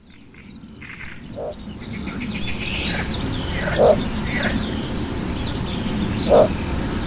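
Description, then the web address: Little bittern calling with short, deep, croaking barks repeated about every two and a half seconds, with other birds calling behind. "agykontroll Madardalok Cd 3. Törpegém"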